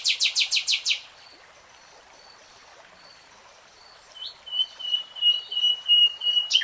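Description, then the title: Nightingale singing: a fast trill of repeated notes, then a quiet pause with faint high tones, then a varied chattering phrase of quick, clipped notes. Singing in real time. "[Tiếng chim hót] 3 Hours REALTIME Nightingale Singing"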